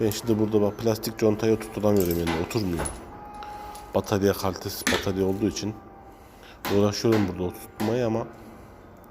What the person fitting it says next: yuvaya oturmuyor